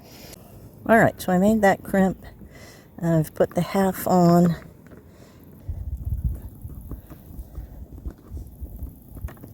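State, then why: Not seated. A crimped metal contact pin on 8-gauge solar wire is being handled at the plastic half of an MC4 connector, about to be pushed in. Someone talks for the first few seconds, then quiet handling noises follow. Nothing has seated or clicked yet.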